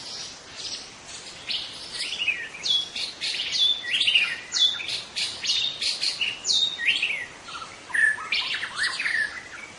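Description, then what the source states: White-rumped shama singing rapid, varied phrases of high whistles, slurred swoops and harsh squawky notes, delivered almost continuously. Wild white-rumped shama, called murai batu hutan, singing in forest.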